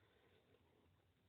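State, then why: Not seated. A laptop RAM memory module is handled and being reinstalled into its memory slot with light pressure. Only a steady, low background noise is heard, with no sharp sounds. Nothing has seated or clicked yet.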